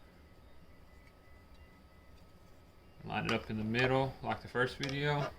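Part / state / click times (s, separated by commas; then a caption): head strap adapter to VR headset / not seated / none. A plastic head strap adapter for a VR headset is picked up and positioned before it is lined up and pressed home. Quiet handling fills the first three seconds, then someone talks until the end. Nothing has seated or clicked yet.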